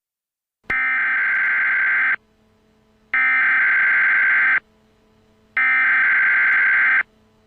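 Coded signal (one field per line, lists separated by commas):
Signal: Emergency Alert System (SAME) tones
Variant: header bursts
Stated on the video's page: Mock EAS alert using valid EAS tones.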